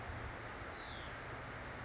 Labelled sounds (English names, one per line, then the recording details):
Hutton's Vireo
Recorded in Sonoma County, California